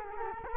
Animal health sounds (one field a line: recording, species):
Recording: mosquito wingbeat signal from an infrared sensor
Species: Culex quinquefasciatus